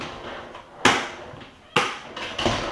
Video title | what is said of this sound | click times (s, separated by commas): 8.5 gallon stackable storage bins: Modern look & Ideal for compact storage of smaller items | Lift up the front. The front will snap into place. Then the back | 0.9 s, 1.8 s